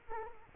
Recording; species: mosquito wingbeat signal from an infrared sensor; Culex quinquefasciatus